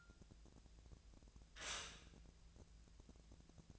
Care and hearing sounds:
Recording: daily activity, microphone in the room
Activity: stop toaster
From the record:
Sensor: 2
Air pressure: 1000.1 hPa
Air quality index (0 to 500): 152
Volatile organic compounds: 2 ppm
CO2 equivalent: 1285 ppm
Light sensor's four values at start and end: 24/61/26/28 and 24/61/26/28

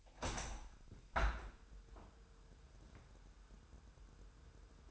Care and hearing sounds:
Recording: daily activity, microphone in the room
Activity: open window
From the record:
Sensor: 2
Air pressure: 1000.0 hPa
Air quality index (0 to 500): 227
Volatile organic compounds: 58 ppm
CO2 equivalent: 3394 ppm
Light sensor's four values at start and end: 8/20/8/8 and 9/21/9/9

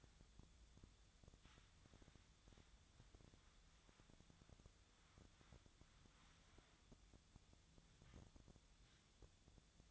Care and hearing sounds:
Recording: daily activity, microphone in the room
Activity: wipe stove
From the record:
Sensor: 3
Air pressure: 1004.7 hPa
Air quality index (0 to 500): 76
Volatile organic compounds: 2 ppm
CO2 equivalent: 1145 ppm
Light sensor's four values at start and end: 8/19/7/7 and 8/19/7/7

